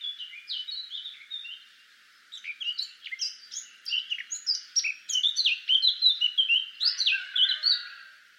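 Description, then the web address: Eurasian blackcap song: a fast, varied warble of fluty and chattering notes, with a short pause after the opening phrase, then a denser, louder stretch to the end. "SETE Sylvia atricapilla"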